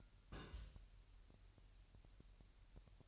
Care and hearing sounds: daily activity, microphone in the room; place on stove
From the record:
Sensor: 2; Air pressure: 1001.8 hPa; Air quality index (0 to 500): 243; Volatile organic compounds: 33 ppm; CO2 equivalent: 3024 ppm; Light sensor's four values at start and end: 5/11/4/5 and 5/11/4/5

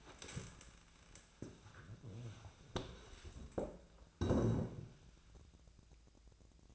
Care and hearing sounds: daily activity, microphone in the room; stand up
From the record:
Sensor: 2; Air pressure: 1000.4 hPa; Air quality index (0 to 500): 158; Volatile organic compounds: 3 ppm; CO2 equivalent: 1322 ppm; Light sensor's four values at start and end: 10/24/10/11 and 11/23/11/12

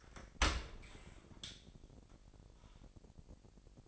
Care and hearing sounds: daily activity, microphone in the room; open dishwasher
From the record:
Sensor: 5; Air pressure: 1000.6 hPa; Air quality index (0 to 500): 249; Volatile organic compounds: 35 ppm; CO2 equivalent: 3065 ppm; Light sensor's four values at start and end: 31/70/28/26 and 31/72/29/27

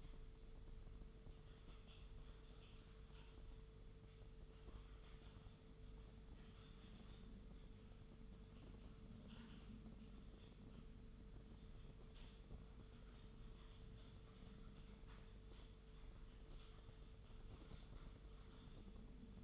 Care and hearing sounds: daily activity, microphone in the room; typing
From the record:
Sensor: 4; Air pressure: 995.3 hPa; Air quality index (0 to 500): 198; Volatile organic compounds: 141 ppm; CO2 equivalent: 3981 ppm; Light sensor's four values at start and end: 10/25/9/11 and 10/25/9/11

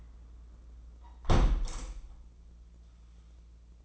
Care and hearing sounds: daily activity, microphone in the room; close window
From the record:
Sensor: 1

